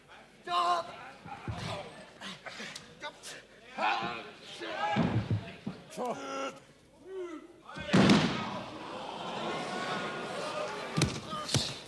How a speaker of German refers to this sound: Packen muss man sie, hochreißen und auf die Matte knallen. Sie gehören jetzt dorthin.